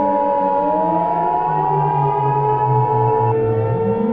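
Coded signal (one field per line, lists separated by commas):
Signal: Emergency Alert System (SAME) tones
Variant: 853 and 960 Hz attention tone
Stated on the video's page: Fictional mini EAS scenario containing valid tones.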